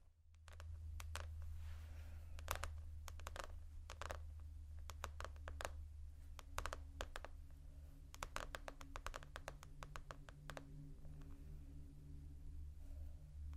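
Slow scratching and tapping on textures: sharp, bright taps land irregularly, sometimes in quick pairs or short bursts, with brief pauses around the two- and five-second marks. A steady low hum runs underneath throughout, with faint scratchy rustling between the taps.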